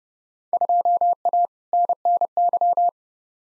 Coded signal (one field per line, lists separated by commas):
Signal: Morse code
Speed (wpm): 30 wpm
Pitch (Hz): 700 Hz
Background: none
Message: 2A NNY